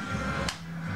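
A plastic arm part on a transforming robot toy is moved outward until its plastic clip snaps onto a post. A single sharp click is heard at 0.5 s over steady background music, and the clip is seated.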